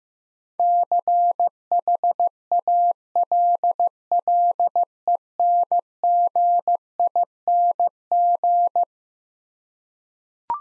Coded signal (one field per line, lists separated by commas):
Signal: Morse code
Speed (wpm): 16 wpm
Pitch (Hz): 700 Hz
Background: none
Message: CHALLENGING